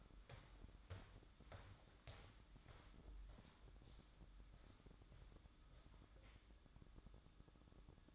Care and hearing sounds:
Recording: daily activity, microphone in the room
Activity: walk to room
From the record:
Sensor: 3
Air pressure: 1008.2 hPa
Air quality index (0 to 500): 133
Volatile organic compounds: 2 ppm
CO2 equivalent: 1103 ppm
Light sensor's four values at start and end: 11/26/10/10 and 11/25/10/10

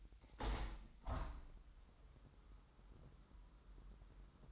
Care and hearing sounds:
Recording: daily activity, microphone in the room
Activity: open window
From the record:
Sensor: 3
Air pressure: 998.6 hPa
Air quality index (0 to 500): 134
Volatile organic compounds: 4 ppm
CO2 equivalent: 1600 ppm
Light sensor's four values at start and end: 8/20/8/8 and 8/20/8/9

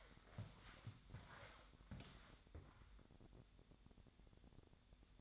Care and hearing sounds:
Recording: daily activity, microphone in the room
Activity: walk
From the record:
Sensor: 3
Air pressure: 1000.5 hPa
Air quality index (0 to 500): 166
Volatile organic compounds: 3 ppm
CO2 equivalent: 1444 ppm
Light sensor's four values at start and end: 10/25/10/12 and 16/41/16/18

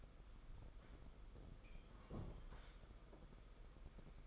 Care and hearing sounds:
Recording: daily activity, microphone in the room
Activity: sit down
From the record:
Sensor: 5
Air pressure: 990.6 hPa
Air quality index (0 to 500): 149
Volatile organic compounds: 157 ppm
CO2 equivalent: 4052 ppm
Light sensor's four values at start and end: 44/133/51/55 and 44/134/51/55

